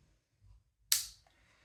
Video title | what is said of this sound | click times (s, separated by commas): Ruger RXM and Glock magazines mags...what you need to know | and it clicks into place. | 0.9 s